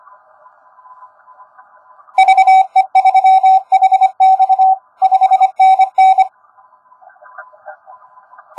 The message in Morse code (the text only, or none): VE3HX 5NN